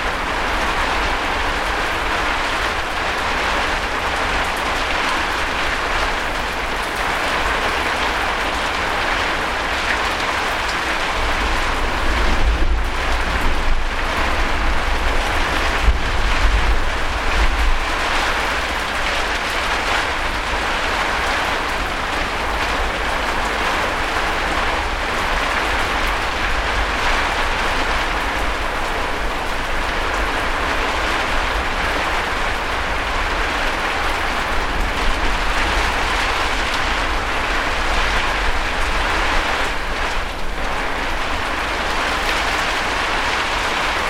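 A storm heard from a shed: dense, steady rain hiss fills the whole 44 seconds over a low, constant rumble. Between about 12 and 18 seconds the downpour swells heavier and the rumble deepens, then it settles back to an even roar.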